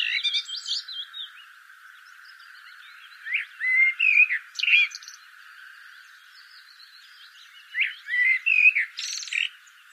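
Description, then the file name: Common blackbird delivering three warbled phrases with high twittery endings, several seconds apart. "Turdus merula"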